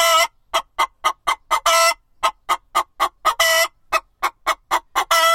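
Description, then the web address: Chicken clucking, a rapid run of short, harsh clucks broken by a few longer, squawking notes. "Ian Hubball Chicken Cluck"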